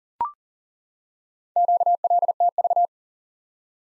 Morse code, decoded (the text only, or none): QLTV